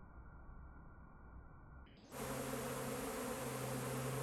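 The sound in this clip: Bees buzzing: a faint low rumble gives way after two seconds to a loud, steady, droning hum that holds to the end.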